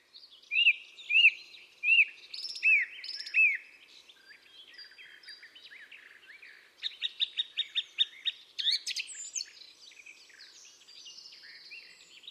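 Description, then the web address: Bird calls: a run of arched whistled notes, then a rapid burst of busy chattering notes. "cianscape birddata Deverinetal 2025. Bird Only"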